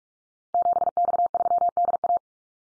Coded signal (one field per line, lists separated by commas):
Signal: Morse code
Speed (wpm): 44 wpm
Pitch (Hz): 700 Hz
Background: none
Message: 7X3DA